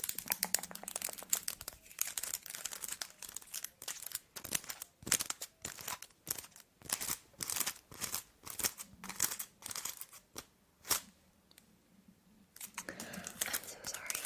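Long fingernails tap and flutter in quick, uneven bursts of crisp clicks and crinkly scratches, with brief pauses.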